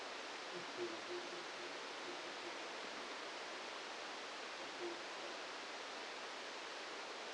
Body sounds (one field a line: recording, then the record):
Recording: brain microelectrode recording played as sound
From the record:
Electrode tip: outside the subthalamic nucleus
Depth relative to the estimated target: -4 mm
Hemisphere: right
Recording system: NeuroSet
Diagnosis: Parkinson's disease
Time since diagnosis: 10 years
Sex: male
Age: 56 years